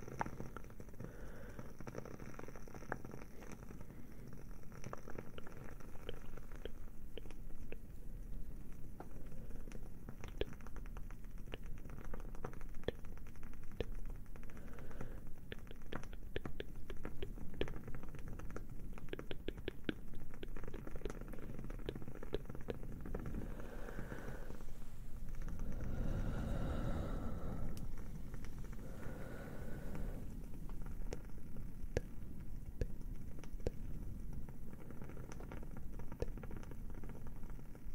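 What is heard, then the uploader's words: A crackling fire with a steady low rumble underneath and frequent sharp, short pops and clicks scattered throughout. Around 25 to 28 seconds a louder, fuller whoosh swells up, then the even crackle settles back in. ASMR plucking away the negative things - cozy fire sounds, crackling candle.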